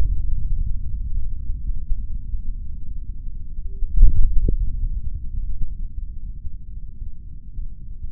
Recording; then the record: forearm muscle sounds (acoustic myography)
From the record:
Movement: index flexion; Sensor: system 3, bracelet of six PUI Audio POM-2738L microphones around the upper forearm, with dedicated amplification and filtering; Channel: 1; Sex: male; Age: 26 years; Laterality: right